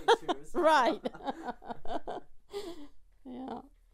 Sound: they laugh

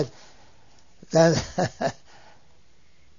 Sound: he laughs

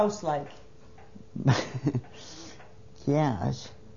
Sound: she laughs

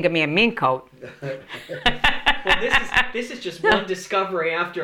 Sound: she laughs

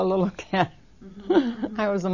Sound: she laughs

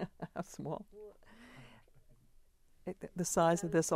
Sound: chuckles

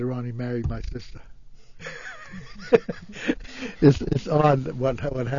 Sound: laughs

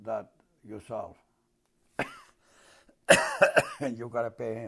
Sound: coughs

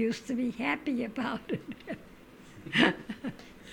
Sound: she laughs

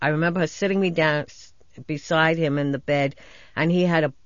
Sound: none

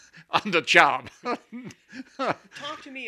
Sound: he laughs

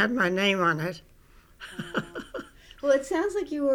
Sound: she laughs

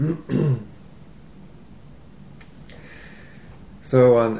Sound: clears throat

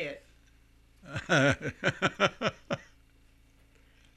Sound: laughing

